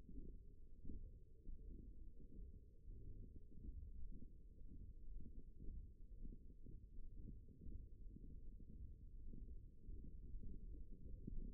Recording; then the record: forearm muscle sounds (acoustic myography)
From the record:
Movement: hand closing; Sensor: system 1, eight BSWA MPA416 microphones around the upper forearm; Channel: 4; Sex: female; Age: 21 years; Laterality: right